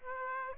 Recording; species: mosquito wingbeat signal from an infrared sensor; Aedes aegypti